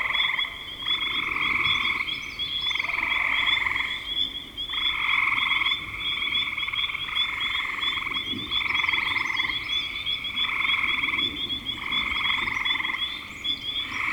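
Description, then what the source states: Chorus of frogs with buzzy trilled calls in uneven bursts, a steady high-pitched drone, and occasional faint chirping notes above. Recorded in spring 2025.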